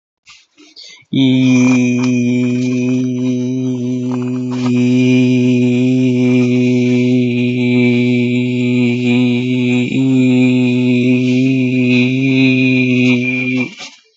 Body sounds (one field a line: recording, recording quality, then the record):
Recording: sustained vowel as in beet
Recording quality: excellent, no background noise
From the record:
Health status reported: healthy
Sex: male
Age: 40 years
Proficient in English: yes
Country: India